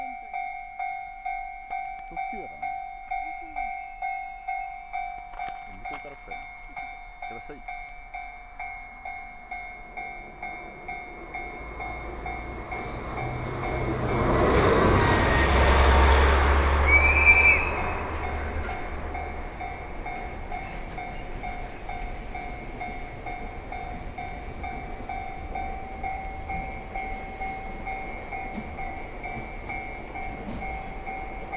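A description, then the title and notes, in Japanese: A ride on the Muroran Main Line from Koboro toward Toya. The rhythmic clack of wheels over rail joints fades into a steady low rumble that swells to a loud roar around fifteen to eighteen seconds before settling back. A constant high whine persists throughout. 耳で楽しむ鉄道旅 室蘭本線 小幌→洞爺。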